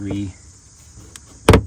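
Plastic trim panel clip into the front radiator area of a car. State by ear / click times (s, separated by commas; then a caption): seated / 1.5 s. Someone talks briefly, then the third top clip of a plastic trim panel cover is pressed home in the front radiator area of a Tesla. A faint tick comes at about 1.2 s, followed by a sharp, loud snap at 1.5 s as the clip seats.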